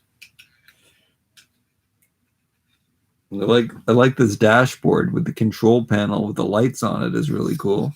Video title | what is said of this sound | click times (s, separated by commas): EPIC MAY THE 4TH STAR WARS KENNER 1995 THE POWER OF THE FORCE ACTION FIGURE UNBOXING REVIEW | so the handles go more forward that snaps into place | 0.2 s